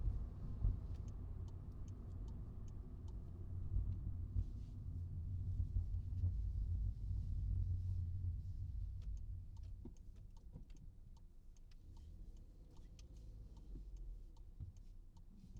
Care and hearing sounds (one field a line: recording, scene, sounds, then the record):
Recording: everyday scene through a hearing-aid microphone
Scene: in a vehicle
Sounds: engine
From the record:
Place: Skoda Fabia, gasoline engine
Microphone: in the ear canal, right